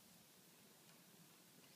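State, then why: Not seated. A blue plastic door-prop tab is handled and lined up with the notch in a Dometic refrigerator door, ready to be clipped in and pushed down to lock. Only faint rustling and soft ticking over steady low background noise are heard. Nothing has seated or clicked yet.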